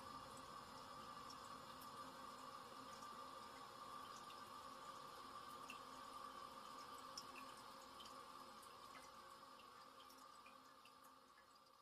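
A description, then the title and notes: A toilet after flushing, with the tank refilling in a steady, even rush of water and a constant mid-pitched whine from the valve. Small drips and bright ticks scatter throughout, and the sound eases slightly softer over the last two seconds. Toilet Flushing.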